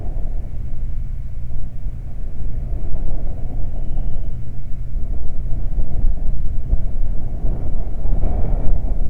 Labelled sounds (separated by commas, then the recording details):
bird, wind
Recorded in the Prudhoe Bay oil fields, Alaska, on 12 July 2019 at 00:05
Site 29